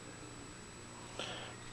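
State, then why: Not seated. A trim plate is lined up on a storeroom-function door lever lock chassis, with its dimples fitted into the valley of the mounting channel before it is turned. A quiet handling rustle with a brief soft scrape near 1.2 s is heard against low background noise. The plate has not yet been turned, and nothing has clicked or seated yet.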